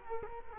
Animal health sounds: mosquito wingbeat signal from an infrared sensor; Culex quinquefasciatus

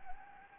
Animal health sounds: mosquito wingbeat signal from an infrared sensor; Anopheles gambiae

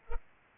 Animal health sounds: mosquito wingbeat signal from an infrared sensor; Culex pipiens

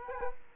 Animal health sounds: mosquito wingbeat signal from an infrared sensor; Culex quinquefasciatus

